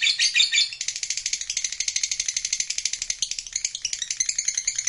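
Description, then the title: Lovebird opening with a few squeaky chirps, then breaking into a rapid, rattling, buzzy trill of high notes that runs on without a pause. Recording meant to stimulate a lazy, quiet lovebird into eager, spontaneous, sustained singing. "LOVEBIRD Malas Bunyi JADI GREGET SPONTAN Langsung NARIK"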